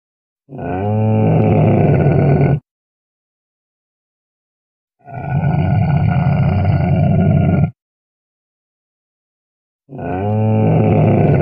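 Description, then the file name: Camel giving three low, raspy bellows, the last one cut off, with silence between them. "Tieng con lac da keu"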